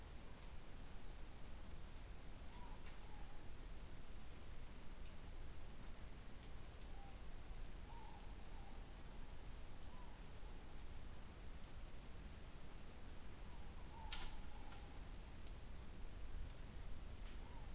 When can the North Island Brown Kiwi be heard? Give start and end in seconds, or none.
none